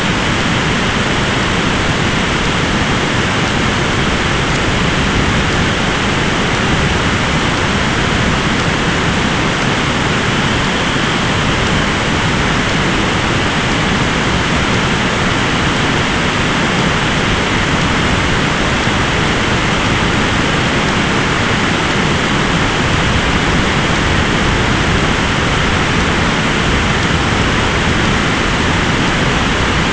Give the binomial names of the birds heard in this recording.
Calidris alpina